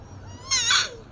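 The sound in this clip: Panda giving a single short, high, harmonic bleating call that ends with a falling tail, against faint low background hum.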